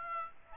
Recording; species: mosquito wingbeat signal from an infrared sensor; Aedes aegypti